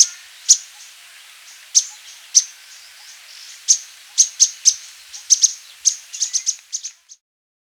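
Thick-billed flowerpecker calls: crisp high-pitched ticks, spaced at first, then quickening into a rapid run of clicks before stopping.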